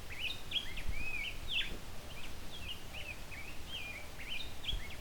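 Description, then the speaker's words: Rose-breasted Grosbeak song, soft warbled phrases of short rising and falling notes, broken and quiet, over low background rumble. Male, fairly close up, a little shy, singing a quiet, not wholehearted song to himself. "this one's singing quietly to himself."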